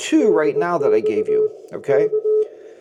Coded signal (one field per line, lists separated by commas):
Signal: Morse code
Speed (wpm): 20 wpm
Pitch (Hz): 430 Hz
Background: speech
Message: DX K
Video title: Radio Helpers for All Hams You Might Have Missed